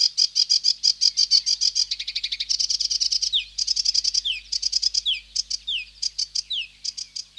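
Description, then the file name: Sedge warbler delivering rapid grating chatter and trills, interspersed from the middle onward with clear downward-sliding whistles repeated at short intervals. "Sedge Warbler (Acrocephalus schoenobaenus)"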